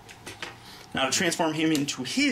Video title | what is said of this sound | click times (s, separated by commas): Video Review of the BBTS Exclusive - G1 Seacons/Piranacon | Now to get rid of this, pop that off. | 0.4 s